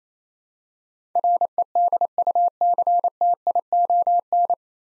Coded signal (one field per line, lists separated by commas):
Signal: Morse code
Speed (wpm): 27 wpm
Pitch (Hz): 700 Hz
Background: none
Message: REDUCTION